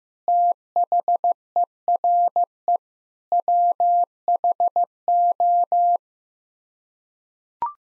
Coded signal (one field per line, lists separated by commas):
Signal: Morse code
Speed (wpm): 15 wpm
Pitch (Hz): 700 Hz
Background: none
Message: THERE WHO